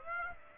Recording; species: mosquito wingbeat signal from an infrared sensor; Aedes aegypti